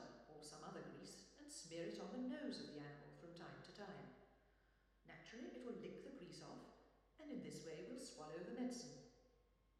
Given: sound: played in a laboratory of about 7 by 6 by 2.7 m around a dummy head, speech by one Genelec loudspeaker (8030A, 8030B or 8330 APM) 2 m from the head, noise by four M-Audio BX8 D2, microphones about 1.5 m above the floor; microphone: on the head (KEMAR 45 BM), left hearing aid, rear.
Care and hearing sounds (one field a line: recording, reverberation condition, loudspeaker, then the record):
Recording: female speech in English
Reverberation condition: high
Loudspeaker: 90 degrees to the left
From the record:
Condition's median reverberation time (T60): about 1300 ms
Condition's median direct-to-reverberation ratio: about -4.0 dB